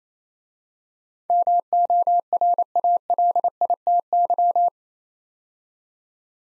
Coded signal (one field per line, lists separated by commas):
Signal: Morse code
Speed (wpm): 28 wpm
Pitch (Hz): 700 Hz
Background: none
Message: MORALITY